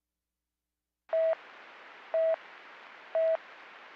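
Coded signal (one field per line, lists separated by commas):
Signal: none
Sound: radio talk-permit beeps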